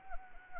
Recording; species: mosquito wingbeat signal from an infrared sensor; Anopheles arabiensis